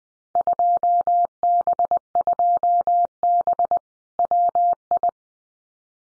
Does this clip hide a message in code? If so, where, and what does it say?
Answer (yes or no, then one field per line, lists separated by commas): yes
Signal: Morse code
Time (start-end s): 0.4-5.1 s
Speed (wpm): 19 wpm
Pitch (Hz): 700 Hz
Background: none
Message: 2B2B WI